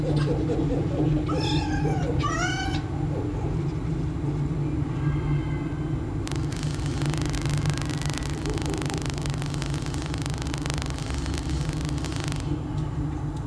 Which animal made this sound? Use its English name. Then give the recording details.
Red Fox. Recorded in captivity. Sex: pair. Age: adult. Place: Zoologisches Institut der HUB, Berlin, DE. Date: 1956-03-22 18:30. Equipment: Elmetra. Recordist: Tembrock, Günter